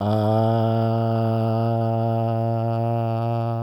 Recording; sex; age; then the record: sustained vowel /a/; male; 40 to 49 years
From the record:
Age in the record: 48 years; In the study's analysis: included